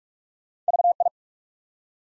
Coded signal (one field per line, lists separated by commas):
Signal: Morse code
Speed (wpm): 46 wpm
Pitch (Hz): 700 Hz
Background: none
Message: VI